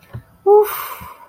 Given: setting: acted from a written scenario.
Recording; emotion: vocal sound without words; relief